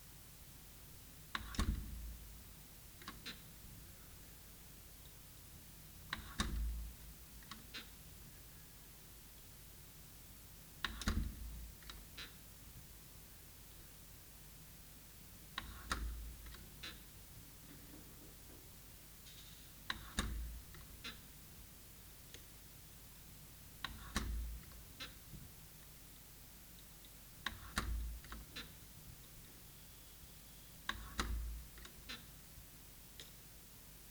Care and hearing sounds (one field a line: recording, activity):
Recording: daily activity, guitar pickup as the sensor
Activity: manipulate door